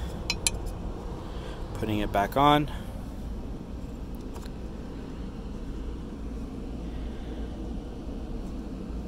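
The exterior window trim strip on an MK7 Alltrack car door, a little bent, is pressed back onto the door frame, and its plastic retaining clips give two sharp clinks at 0.3 s and 0.5 s as they pop into place. Someone talks briefly afterward over a steady low background hum. The trim is seated back on the door.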